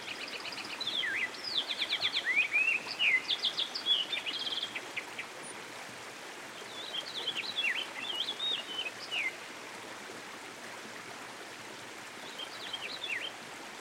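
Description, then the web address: American goldfinch song, long rambling series of rapid repeated chips, twitters and sweet slurred notes in several phrases, set against a constant rush of stream water. By a stream. "Dan Gibson Songbirds By The Stream. American Goldfinch"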